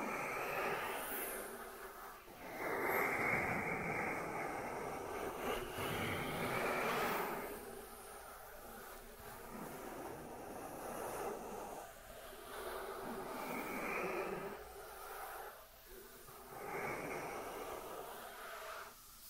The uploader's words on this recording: Dry Dry Hand Sounds. (No Talking).